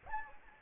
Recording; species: mosquito wingbeat signal from an infrared sensor; Anopheles gambiae